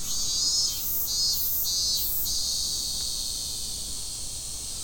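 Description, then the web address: Cicada song, a continuous high buzzing chorus with three louder pulsing bursts near the start. Recorded in Fukushima on 30 July 2015. "fukudai fu cicadda"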